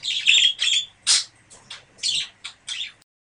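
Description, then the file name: Budgerigar chatter: quick run of harsh, high squawky notes and scratchy chirps over three seconds, then silence. A pair of budgerigars. "suara pasangan parkit. omkicau"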